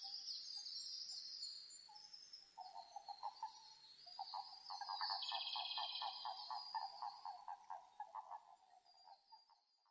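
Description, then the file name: Japanese common toad producing series of fast pulsed croaks, building into a long rapid run midway, over a constant high-pitched insect-like hum. Eastern Japanese common toad (azumahikigaeru), recorded 5 June 2005. "050605 azumahikigaeru"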